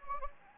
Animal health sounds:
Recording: mosquito wingbeat signal from an infrared sensor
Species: Anopheles gambiae

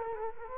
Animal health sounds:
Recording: mosquito wingbeat signal from an infrared sensor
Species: Culex quinquefasciatus

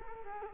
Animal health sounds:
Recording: mosquito wingbeat signal from an infrared sensor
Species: Culex quinquefasciatus

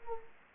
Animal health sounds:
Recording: mosquito wingbeat signal from an infrared sensor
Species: Anopheles gambiae

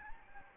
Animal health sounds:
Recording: mosquito wingbeat signal from an infrared sensor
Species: Anopheles gambiae

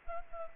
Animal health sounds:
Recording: mosquito wingbeat signal from an infrared sensor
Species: Culex pipiens

